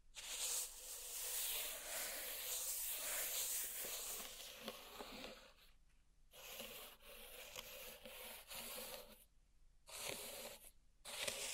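Pink salt in a zen garden is raked and rubbed in a dense, gritty hiss that runs steadily for the first five seconds. After that the scraping comes in shorter strokes, broken by brief silences near six, nine and eleven seconds.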